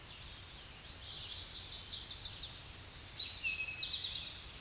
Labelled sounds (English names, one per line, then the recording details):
Tennessee Warbler song
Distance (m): 30 m
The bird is about 10 m above the microphone
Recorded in a Pennsylvania forest on 16 May 2024 at 07:17
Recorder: AudioMoth, point MSD-2131
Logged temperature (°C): 14.8 °C
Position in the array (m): 23 m, 45 m